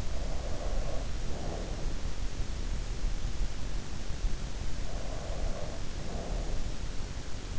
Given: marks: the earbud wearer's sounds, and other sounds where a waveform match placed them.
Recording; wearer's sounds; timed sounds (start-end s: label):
sounds in sleep by an in-ear microphone; breath
0.00-1.98 s: breath
4.73-6.82 s: breath